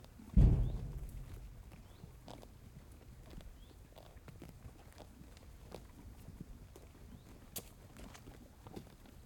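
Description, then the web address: Horse giving one sharp, low, breathy snort at the start, followed by soft irregular shuffling and light knocks. Horse snorting in a rural countryside farm ranch pasture. "Systematic Sound - General Ambience Series - Rural Countryside 01 AMBFarm Ranch Horse Pasture Snorting Chewing Trotting"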